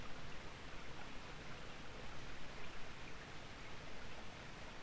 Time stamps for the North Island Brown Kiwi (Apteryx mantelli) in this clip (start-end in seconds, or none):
none